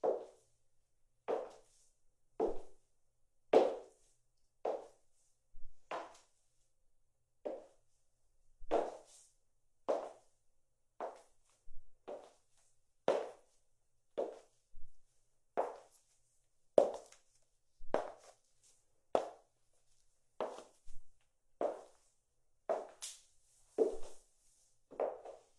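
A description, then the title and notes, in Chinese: High heels walk at a steady, unhurried pace, each step a sharp click with a hollow knock beneath it, about one per second across the whole stretch. The steps stay even in loudness, with near silence between them. 高跟鞋走路声。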